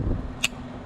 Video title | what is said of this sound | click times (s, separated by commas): 9th Gen Corolla - The Ultimate Racing Upgrades | bolt out of earlier, and we also have this connector, so it just clips back on. Make sure you hear the click, | 0.4 s